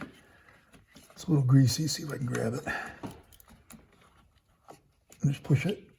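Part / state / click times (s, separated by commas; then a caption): ignition coil electrical connector onto coil / not seated / none. On a Ford Fusion, the electrical connector for the ignition coil is being handled and pushed back onto the coil while someone talks, with a few faint handling noises between the words. The clip ends before the connector goes home, so nothing has seated or clicked yet.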